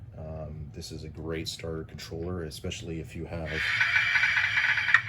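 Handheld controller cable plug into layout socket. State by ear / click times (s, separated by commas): seated / 4.9 s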